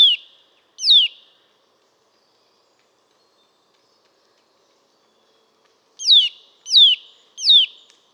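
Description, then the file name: Eurasian nuthatch calls, two clear downslurred 'tuit' notes, a long silence, then three more evenly spaced. "Sitta europaea"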